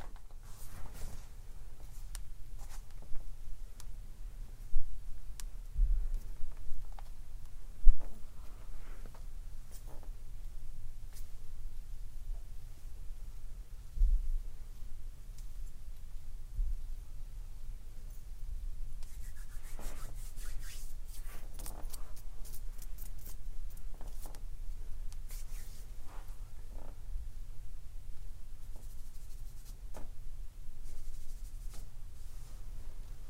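Soft rustling of clothes and small knocks of stones sound over a steady low hum, with scattered taps and clicks throughout. Two sharper knocks stand out near 8 and 14 seconds, and a denser, brighter patch of rustling comes around 19 to 22 seconds.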